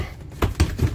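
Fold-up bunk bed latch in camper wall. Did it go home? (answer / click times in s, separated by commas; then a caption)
yes / 0.4 s, 0.6 s. The single fold-up bunk bed over the sofa in a 2017 Forest River Wolf Pup 18TO camper is folded up and pushed, a task that is hard to do with one hand, until its latch in the camper wall locks into place. Two sharp clicks sound at 0.4 s and 0.6 s, followed by a softer low thump near 0.8 s. The bunk latch is confirmed locked.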